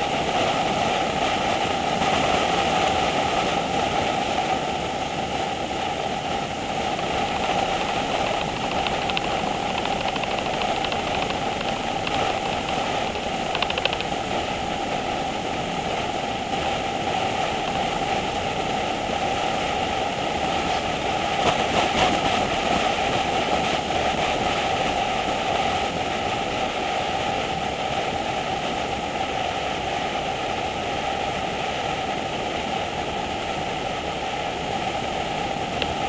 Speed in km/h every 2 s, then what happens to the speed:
81, 81, 81, 77, 81, 77, 74, 74, 77, 74, 72, 74, 81, 77, 81, 74, 71, 72.
4-12 slows to 74. 12-36 steady at about 74.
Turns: none.